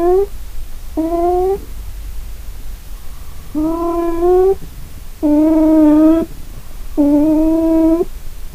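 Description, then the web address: Cat meowing: five drawn-out, harmonic-rich calls, mostly steady in pitch, spaced irregularly over a low background rumble. Recorded 25 April 2008. "cat cat 20080425"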